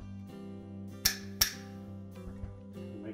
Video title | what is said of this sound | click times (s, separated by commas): Whirlpool Dishwasher Repair - How to Replace the Door Latch | make sure that it's engaged at the back both tabs on the front snap into place | 1.1 s, 1.4 s